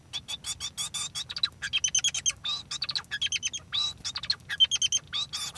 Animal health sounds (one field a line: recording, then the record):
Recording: song of a male Bengalese finch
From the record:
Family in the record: son of father 2